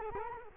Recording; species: mosquito wingbeat signal from an infrared sensor; Culex quinquefasciatus